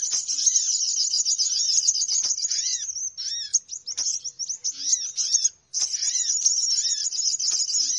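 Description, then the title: Bird chorus of rapid high chirps and twitters, densely overlapping, with lower arched whistles repeating and a short silence near the end. Noisy bird calls used as a lure to attract birds, which are said to gather close soon after it starts. "Baru Diputar Dah Banyak Merapat! Suara Pikat Burung Ribut"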